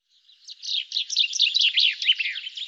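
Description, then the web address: Bird chattering song, a hurried series of high chirps and slurred notes building in volume and running to the end, otherwise silent. "Deverinetal 2025 File cleaned normalized Bird Fr Co"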